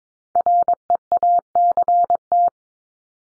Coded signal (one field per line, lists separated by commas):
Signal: Morse code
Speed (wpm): 22 wpm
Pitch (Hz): 700 Hz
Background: none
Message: REACT